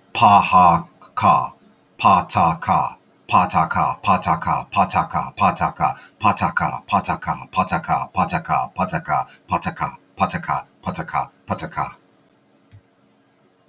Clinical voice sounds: repeated syllables /pa ta ka/; male; 40 to 49 years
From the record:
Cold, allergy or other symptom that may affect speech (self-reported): no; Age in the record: 45 years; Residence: Ohio, United States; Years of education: 13

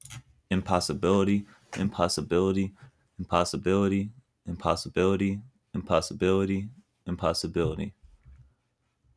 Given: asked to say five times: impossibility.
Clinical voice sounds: repeated word; male; 20 to 29 years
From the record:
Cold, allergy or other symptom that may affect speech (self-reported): no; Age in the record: 23 years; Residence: North Carolina, United States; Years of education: 13

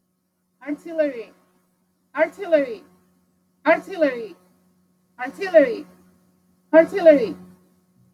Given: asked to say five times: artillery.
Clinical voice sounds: repeated word; female; 40 to 49 years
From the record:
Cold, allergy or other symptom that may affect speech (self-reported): no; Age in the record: 47 years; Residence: Florida, United States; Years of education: 15

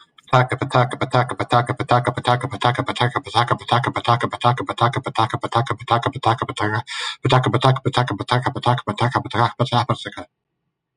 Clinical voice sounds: repeated syllables /pa ta ka/; male; 40 to 49 years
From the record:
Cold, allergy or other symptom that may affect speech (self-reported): no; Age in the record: 43 years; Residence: Ohio, United States

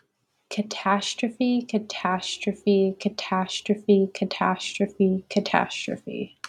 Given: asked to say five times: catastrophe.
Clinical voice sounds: repeated word; female; 20 to 29 years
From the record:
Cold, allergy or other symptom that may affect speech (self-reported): no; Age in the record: 24 years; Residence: New York, United States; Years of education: 17

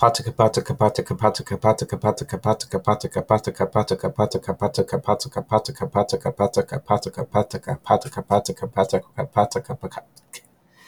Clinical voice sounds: repeated syllables /pa ta ka/; male; 20 to 29 years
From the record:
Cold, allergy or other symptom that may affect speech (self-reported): no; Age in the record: 27 years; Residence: Florida, United States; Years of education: 14

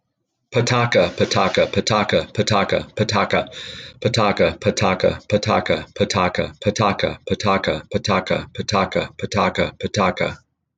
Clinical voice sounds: repeated syllables /pa ta ka/; male; 40 to 49 years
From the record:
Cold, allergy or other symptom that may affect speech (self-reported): no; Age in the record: 47 years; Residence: New York, United States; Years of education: 14

